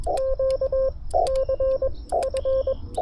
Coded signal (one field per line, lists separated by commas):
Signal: Morse code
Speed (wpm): 21 wpm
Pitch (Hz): 530 Hz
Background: radio noise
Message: Q C F